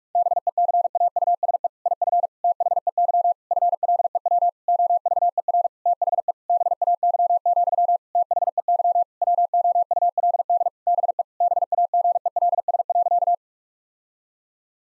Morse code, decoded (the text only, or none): BECAUSE IF THEY FLEW OVER THE BAY, THEY WOULD BE BAGELS.